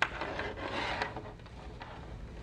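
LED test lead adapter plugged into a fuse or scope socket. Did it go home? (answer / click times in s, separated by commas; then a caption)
no / none. An LED-equipped test lead adapter is handled near its fuse or scope socket on a 2009 GMC Yukon Hybrid while an ignition circuit is diagnosed with a PicoScope 4425a. Soft rubbing and scraping come with a sharp tick at the start and a few light knocks at about 0.4, 1.0, 1.5 and 1.8 seconds. The adapter has not yet clicked in or seated by the end of the clip.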